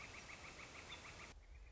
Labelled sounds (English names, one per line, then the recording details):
Northern Flicker
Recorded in Sonoma County, California